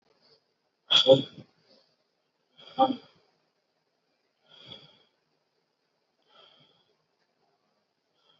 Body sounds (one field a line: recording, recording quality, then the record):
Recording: deep breathing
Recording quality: moderate, slight background noise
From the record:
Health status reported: COVID-19 positive, mild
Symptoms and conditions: none ticked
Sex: male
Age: 30 years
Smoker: not ticked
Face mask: not worn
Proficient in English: yes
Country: India